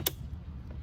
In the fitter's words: so you hear the click it's